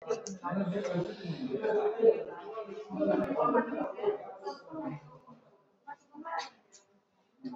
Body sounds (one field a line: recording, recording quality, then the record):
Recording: deep breathing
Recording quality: poor, much background noise or distortion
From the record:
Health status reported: exposed to COVID-19, no respiratory illness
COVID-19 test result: negative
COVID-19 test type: RT-PCR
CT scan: not taken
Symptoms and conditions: cold, fever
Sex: female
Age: 24 years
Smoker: no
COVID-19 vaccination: one dose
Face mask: worn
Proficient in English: yes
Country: India